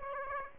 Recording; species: mosquito wingbeat signal from an infrared sensor; Aedes aegypti